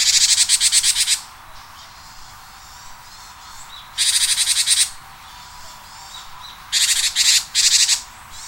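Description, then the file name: Japanese tit calls in three bursts of rapid, harsh, buzzy notes, each run lasting about a second, separated by quiet gaps with a low steady hiss. "sijuukara"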